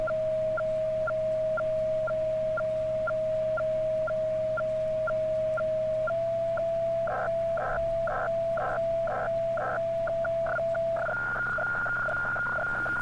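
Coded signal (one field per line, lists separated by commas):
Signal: weather fax (radiofax)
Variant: 120 lines per minute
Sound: steady tone ticking twice a second, then pulsing bursts, then a higher steady tone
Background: radio static, low hum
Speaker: clear the screen here and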